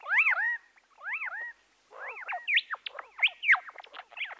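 Bird calls: two arched, rising-then-falling whistles, then a busy stream of short squeaky chirps and clicks.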